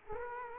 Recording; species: mosquito wingbeat signal from an infrared sensor; Culex quinquefasciatus